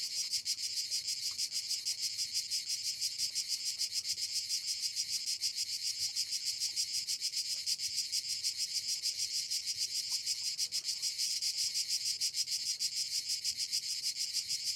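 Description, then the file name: Crickets chirping in a dense chorus, a steady high-pitched pulsing trill that never pauses, many overlapping callers forming a continuous shimmering wall of sound. "Crickets Orchestra"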